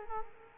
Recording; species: mosquito wingbeat signal from an infrared sensor; Culex quinquefasciatus